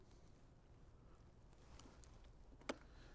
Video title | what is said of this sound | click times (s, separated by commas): Lab 5 Live 1 video overview | what a satisfying click that is | 2.7 s